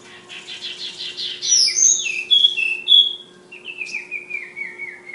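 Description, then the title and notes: Flowerpecker song: rapid high ticking chips building into sharp whistled notes, then a falling series of slurred trilled phrases, with a constant low hum behind. Bird named Ababil, from Kudus. "Tledekan/Sulingan ABABIL. Suara Burung Tledekan Ababil dari Kudus"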